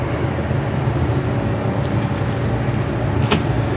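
A click-type torque wrench set to about 23 tightens another fastener into a threaded hole on a 1972 VW Karmann Ghia engine during a tune-up. Over a steady low rumble, a single sharp click sounds at 3.3 s as the wrench reaches its setting. The fastener is torqued and holds; had the thread stripped at that setting, the hole would already have been bad.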